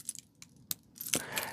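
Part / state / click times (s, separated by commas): folding blade into the detent of a titanium keychain knife / seated / 0.7 s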